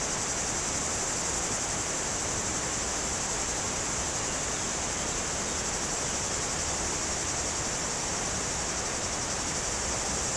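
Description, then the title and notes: Cicada: an unbroken high-pitched drone over constant rushing river water. Cicadas very active in trees near the Jourdan river on the slopes of the Grand Colombier above Culoz, France, on a hot day; river audible. "Chem. de Romagnieux, 01350 Culoz, France - Rivière et cigales. Sur les pentes du Grand Colombier au dessus de Culoz , par cette chaude journée les cigales sont très actives dans les arbres près du Jourdan"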